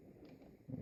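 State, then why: Not seated. A battle-damage plastic armor piece is handled and pressed toward a small ball joint on a Hot Toys Iron Man Mk 5 1/6 scale action figure (MMS 145 Limited Edition) as a replacement part. Low, muffled handling rustle fills the clip, swelling into a louder dull bump in the final tenth of a second. Nothing has seated or clicked yet.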